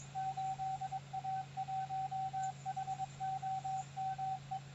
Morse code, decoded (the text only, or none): 8A1HOME